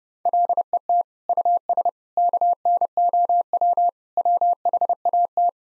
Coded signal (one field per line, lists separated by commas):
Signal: Morse code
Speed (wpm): 32 wpm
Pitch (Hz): 700 Hz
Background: none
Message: LET US KNOW WHAT